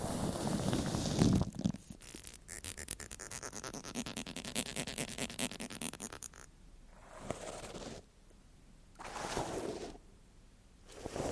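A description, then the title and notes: Crinkly scratching and scraping right on the microphone, with dense rapid ticks mid-clip, then soft swishing bursts separated by quiet gaps. ASMR Mic Triggers (Haircut & Scalp Check With Treatment On The Mic) No Talking.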